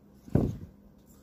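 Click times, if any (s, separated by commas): 0.4 s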